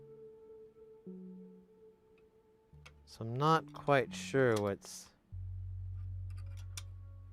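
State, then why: Seated. While reassembling an electronics unit near some capacitors, a component or panel is pressed into position as someone talks over a steady low hum. At 6.8 s it snaps home with a sharp, loud pop, seated in place.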